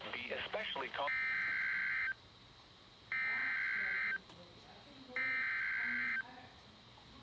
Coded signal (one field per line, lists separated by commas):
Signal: Emergency Alert System (SAME) tones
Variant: header bursts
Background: speech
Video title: NOAA Weather Radio | Severe Thunderstorm Warning (SVR) 01/10/20 9:02PM CST